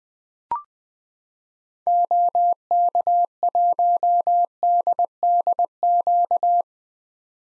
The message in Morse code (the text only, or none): OK1DDQ